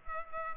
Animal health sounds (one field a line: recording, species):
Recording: mosquito wingbeat signal from an infrared sensor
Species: Culex pipiens